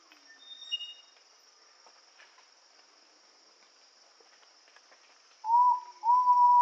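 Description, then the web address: Ivory-breasted pitta whistled call: a short hooked note followed by a long level whistle at the end, after faint high bird notes over a steady insect drone. Indonesia. "ULM-DS-Lab indonesian-bird-sounds. Pitta maxima"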